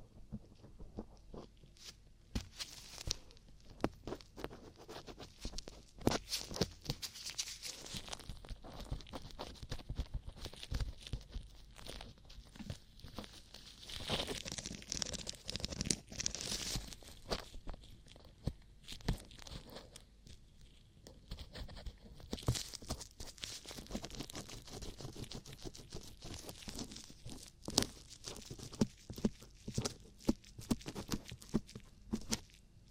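Ear cleaning sounds: dense, crackly rustling and scratching with frequent sharp clicks and crunches packed throughout. Bright, hissy swells rise and fall, strongest around seven to seventeen seconds and again after twenty-two seconds, with a brief quieter stretch near twenty seconds.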